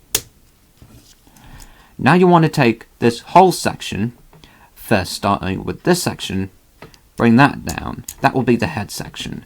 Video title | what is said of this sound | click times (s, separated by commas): Transformers Legacy voyager class Override - Transforming Weekend. | that way when you bring it down the rest away on this hinge up here it will click into place | 0.2 s